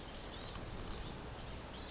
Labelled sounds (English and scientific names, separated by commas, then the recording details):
Blue-gray Gnatcatcher (Polioptila caerulea)
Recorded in Sonoma County, California